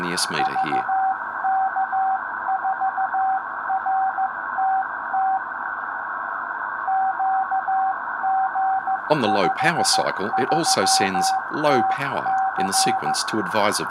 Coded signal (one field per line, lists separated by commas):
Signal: Morse code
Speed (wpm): 14 wpm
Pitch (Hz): 770 Hz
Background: speech, radio noise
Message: VK4RTT QG53TC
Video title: VK4RTT 2m Beacon Upgrade